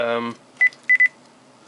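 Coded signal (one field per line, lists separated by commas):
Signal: none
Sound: voice recorder button beeps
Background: speech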